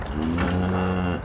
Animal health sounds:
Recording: contact call of a hoofed animal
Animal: cattle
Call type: low-frequency (closed-mouth) or high-frequency (open-mouth) call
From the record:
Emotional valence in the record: negative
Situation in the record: full separation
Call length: 1.25 s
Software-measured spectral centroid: 1740 Hz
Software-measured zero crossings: 1080 a second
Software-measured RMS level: -24 dBFS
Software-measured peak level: -11 dBFS

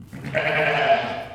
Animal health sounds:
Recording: contact call of a hoofed animal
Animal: sheep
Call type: low-frequency (closed-mouth) or high-frequency (open-mouth) call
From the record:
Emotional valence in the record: negative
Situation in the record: short social isolation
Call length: 1.34 s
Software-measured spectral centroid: 1840 Hz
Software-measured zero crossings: 2230 a second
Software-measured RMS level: -23 dBFS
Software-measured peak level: -6 dBFS

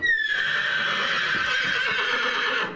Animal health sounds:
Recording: contact call of a hoofed animal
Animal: horse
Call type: whinny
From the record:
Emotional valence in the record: negative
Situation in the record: separation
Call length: 2.8 s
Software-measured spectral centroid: 2430 Hz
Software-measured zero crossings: 3870 a second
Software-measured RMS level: -24 dBFS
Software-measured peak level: -12 dBFS

